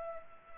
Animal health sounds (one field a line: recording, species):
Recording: mosquito wingbeat signal from an infrared sensor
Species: Culex pipiens